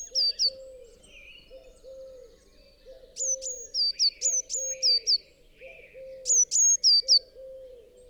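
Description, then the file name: Eurasian Blue Tit uttering quick runs of high, piercing notes that step down in pitch, with softer mid-pitched chatter and repeated low notes behind. "Cyanistes caeruleus"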